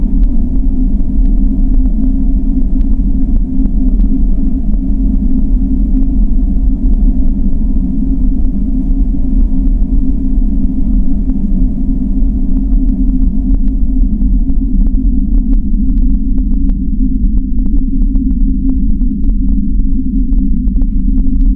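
A deep, steady bass drone from a heating plant fills the clip, a dense low rumble with a faint throbbing pulse that never lets up. Brief crackles, like vinyl noise, tick through the upper range, growing more frequent in the second half.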